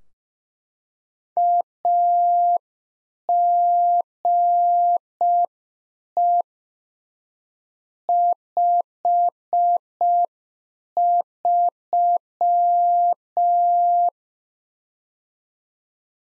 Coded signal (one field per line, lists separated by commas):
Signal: Morse code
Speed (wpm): 5 wpm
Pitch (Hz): 700 Hz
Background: none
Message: AGE 53